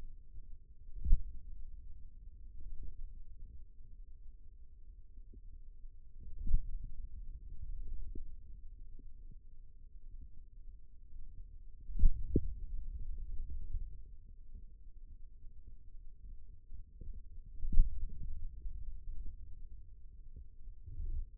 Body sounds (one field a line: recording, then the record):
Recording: forearm muscle sounds (acoustic myography)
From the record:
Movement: finger pinch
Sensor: system 2, bracelet of six BSWA MPA416 microphones around the upper forearm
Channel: 3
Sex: male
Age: 22 years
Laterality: right